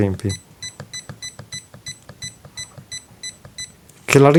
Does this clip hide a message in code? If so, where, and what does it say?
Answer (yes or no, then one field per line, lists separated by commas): no